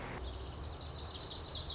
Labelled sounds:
Lazuli Bunting
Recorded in Sonoma County, California

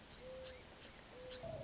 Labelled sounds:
Mourning Dove
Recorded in Sonoma County, California

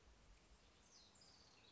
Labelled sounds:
House Wren
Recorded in Sonoma County, California

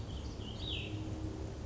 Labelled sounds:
Cassin's Vireo
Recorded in Sonoma County, California

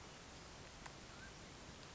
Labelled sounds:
Mountain Quail
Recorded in Sonoma County, California

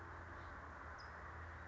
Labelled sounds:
California Towhee
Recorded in Sonoma County, California

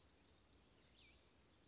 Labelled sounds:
Western Flycatcher
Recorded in Sonoma County, California

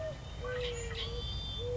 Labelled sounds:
Mourning Dove
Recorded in Sonoma County, California

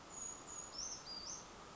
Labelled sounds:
Brown Creeper
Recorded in Sonoma County, California

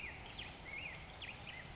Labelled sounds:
Black-headed Grosbeak
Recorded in Sonoma County, California

